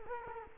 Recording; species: mosquito wingbeat signal from an infrared sensor; Culex quinquefasciatus